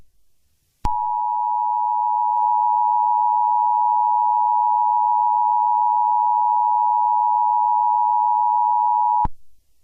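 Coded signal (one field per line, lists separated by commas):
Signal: Emergency Alert System (SAME) tones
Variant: 853 and 960 Hz attention tone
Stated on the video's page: A fictional EAS scenario about a nuclear disaster, not a real alert.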